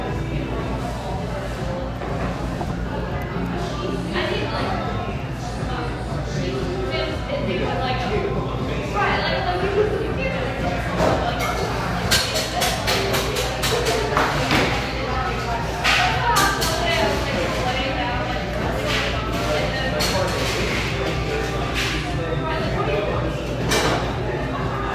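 Bustling café noise: a steady wash of overlapping chatter with a low hum underneath, and frequent sharp clinks and clatters of dishes throughout.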